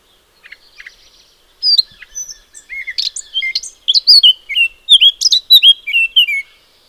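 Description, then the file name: Eurasian blackcap song: a soft, quiet chattering start, then a run of loud, clear whistled and fluty notes, each rising or falling, delivered rapidly for several seconds. "Sylvia atricapilla"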